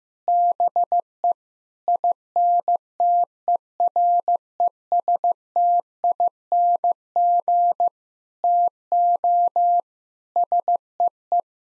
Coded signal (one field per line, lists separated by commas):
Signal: Morse code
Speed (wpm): 15 wpm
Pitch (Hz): 700 Hz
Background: none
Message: BE INTERESTING TO SEE